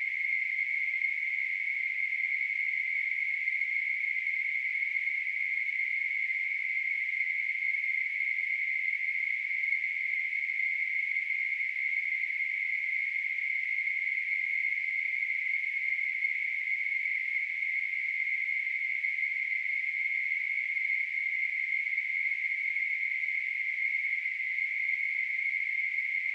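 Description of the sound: A steady, high-pitched hissing ring, centred around 2 kHz, holds without change for about 26 seconds. It is a simulation of tinnitus, the constant ringing or hissing that a person with the condition hears in the ears.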